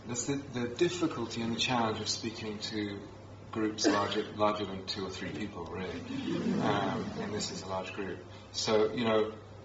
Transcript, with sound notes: That's the difficulty and the challenge of speaking to groups larger than two or three people, really. [laughter] And this is a large group. So you know,